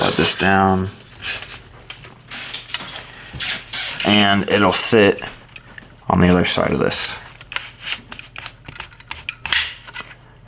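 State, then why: Seated. Someone talks while sliding the rear barrel band down the wooden stock of a Mosin bolt-action rifle, with light scraping and small ticks as it moves. The band seats with a sharp click at 9.5 s as its spring retainer catches behind it.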